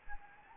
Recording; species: mosquito wingbeat signal from an infrared sensor; Anopheles gambiae